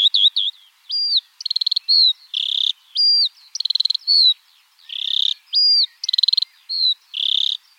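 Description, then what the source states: Eurasian skylark song of repeated patterns: rattling fast trills, flat whistles and buzzy notes cycling in a lively high stream. Eurasian skylark singing in flight.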